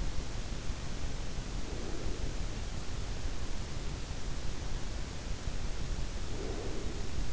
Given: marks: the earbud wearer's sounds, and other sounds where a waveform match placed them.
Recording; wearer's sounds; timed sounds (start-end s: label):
sounds in sleep by an in-ear microphone; breath
1.11-2.78 s: breath
5.59-7.32 s: breath